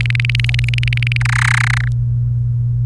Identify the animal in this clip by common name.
Domestic Canary